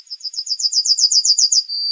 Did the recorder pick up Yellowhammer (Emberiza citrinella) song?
yes